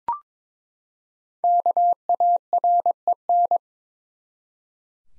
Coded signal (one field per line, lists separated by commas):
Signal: Morse code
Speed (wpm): 22 wpm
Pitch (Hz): 700 Hz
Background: none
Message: KAREN